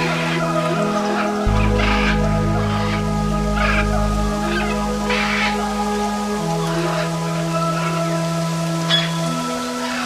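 Amazon rainforest sounds form a dense, steady bed of insect drones, with several sustained low hums that shift pitch around two, four and six seconds. Brief bright bursts of chirping or rustling recur roughly every second, and a sharp click lands near nine seconds.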